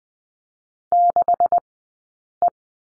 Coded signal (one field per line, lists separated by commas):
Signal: Morse code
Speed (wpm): 20 wpm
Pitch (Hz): 700 Hz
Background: none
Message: 6E